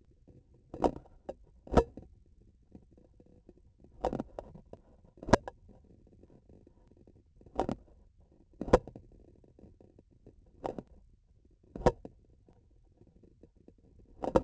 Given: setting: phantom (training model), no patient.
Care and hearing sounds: laparoscopic instrument, vibration sensor on the handle end; grasping forceps; opening and closing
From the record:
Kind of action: tool actuation without material contact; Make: Olympus

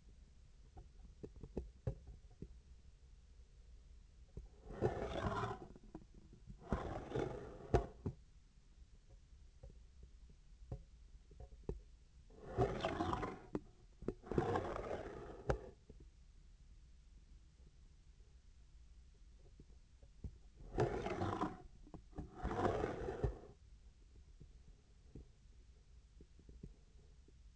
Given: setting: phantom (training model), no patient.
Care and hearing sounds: laparoscopic instrument, vibration sensor on the handle end; scissors; approaching and retracting movements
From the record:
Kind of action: spatial motion

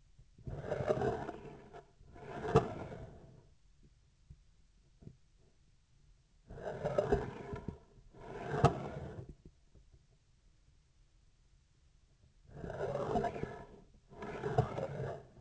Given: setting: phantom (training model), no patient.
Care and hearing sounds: laparoscopic instrument, vibration sensor on the handle end; scissors; approaching and retracting movements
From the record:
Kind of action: spatial motion

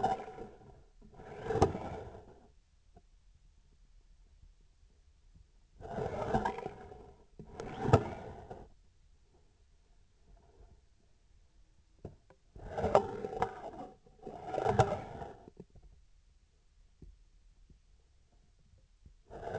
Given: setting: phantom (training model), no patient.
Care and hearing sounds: laparoscopic instrument, vibration sensor on the handle end; scissors; approaching and retracting movements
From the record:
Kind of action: spatial motion

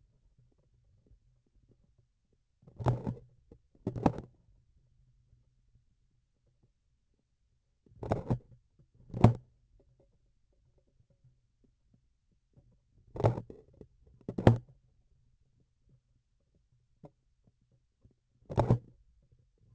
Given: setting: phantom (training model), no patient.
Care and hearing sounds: laparoscopic instrument, vibration sensor on the handle end; grasping forceps; opening and closing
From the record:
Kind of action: tool actuation without material contact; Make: other than Olympus

